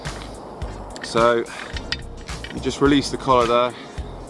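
Someone talks while handling a folding entrenching tool, releasing the locking collar so the steel blade can swing open at its hinge until it snaps out flat and straight. A few short knocks sound during the handling, the sharpest near 1.9 s. The clip ends before the blade locks into place, so nothing has seated or clicked yet.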